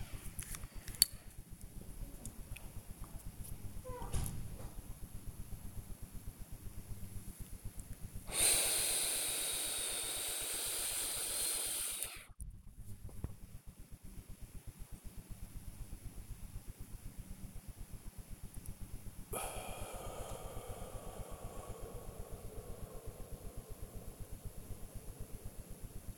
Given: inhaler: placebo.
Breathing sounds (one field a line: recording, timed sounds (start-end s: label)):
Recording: one use of a dry powder inhaler by a smartwatch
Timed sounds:
0.23-1.07 s: inhaler activation
2.31-4.92 s: inhalation
10.82-15.22 s: exhalation